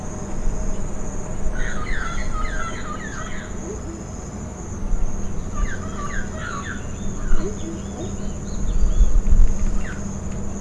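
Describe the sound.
Bird twittering in two rapid runs of bright chirped notes, each lasting about two seconds, with a lone note later, over constant low hum.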